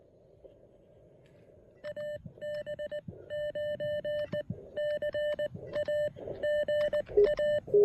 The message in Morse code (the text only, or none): AB9CA GA